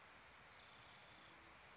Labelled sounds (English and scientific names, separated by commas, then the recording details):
Spotted Towhee (Pipilo maculatus)
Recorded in Sonoma County, California